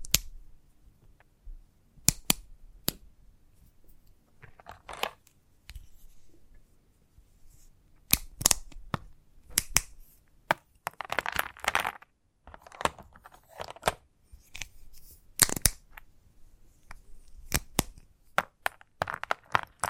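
Chalk is tapped and scratched in irregular bursts: sharp dry clicks land every second or two, with louder knocks near 2, 8 and 15 seconds. Between them come brief rough scraping strokes, busiest around 11 seconds, over a faint low hum.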